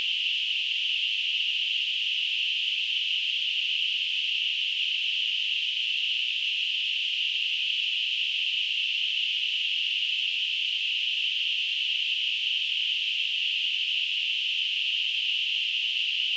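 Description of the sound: A steady, unbroken high-pitched hiss, a narrow band of noise around 3 kHz, holds at one level for about 16 seconds with no low sounds beneath it. It is a simulation of tinnitus, the constant ringing or hissing a person with this condition perceives.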